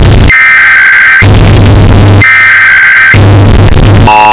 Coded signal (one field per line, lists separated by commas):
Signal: Emergency Alert System (SAME) tones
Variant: header bursts